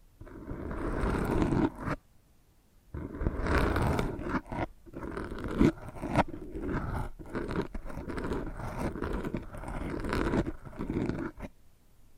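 Close, rough scratching at an ear, heard as bursts of dense scraping and rustling with short silent pauses between them, the longest around the two-second mark. The strokes are fast and uneven, full and low up close with a hissy top, and a few sharp crunchy clicks stand out.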